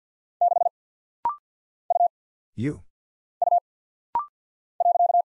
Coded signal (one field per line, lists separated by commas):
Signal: Morse code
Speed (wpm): 49 wpm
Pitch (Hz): 700 Hz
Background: none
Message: 6 U U .